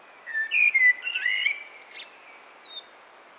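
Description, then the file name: Common blackbird song: a low fluted, warbling whistle phrase that slides up and down, ending in a thin, squeaky high twitter. "Turdus merula"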